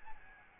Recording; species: mosquito wingbeat signal from an infrared sensor; Aedes albopictus